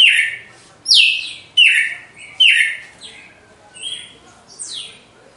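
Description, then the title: Red-cowled cardinal song: four strong downslurred whistled notes spaced under a second apart, then softer, fainter notes. Female red-cowled cardinal singing after the moult, in a song contest. "Canto Galo Campina Fêmea. GALO DE CAMPINA DEPOIS DA MUDA (disputa)"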